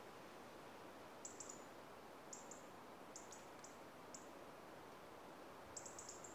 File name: Erithacus rubecula - European Robin